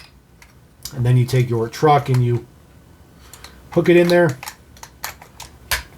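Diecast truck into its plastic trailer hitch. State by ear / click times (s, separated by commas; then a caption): seated / 5.0 s, 5.7 s. Someone talks while a diecast toy truck is hooked into the hitch of its plastic trailer, followed by light clicks and handling sounds. The hitch snaps on with distinct clicks at about 5.0 and 5.7 seconds, and the truck is seated in the trailer.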